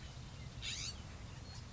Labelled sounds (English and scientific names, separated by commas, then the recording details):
California Scrub-Jay (Aphelocoma californica)
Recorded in Sonoma County, California